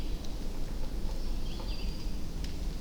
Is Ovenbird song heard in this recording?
no